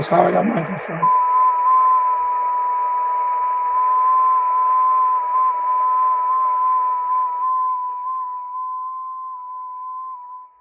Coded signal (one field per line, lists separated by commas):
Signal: FT8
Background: speech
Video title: Danny Shortwave And Radio DX Live Stream 6/1/2025 Happy Yellow Radio Day & 6 Meter band FT8 contacts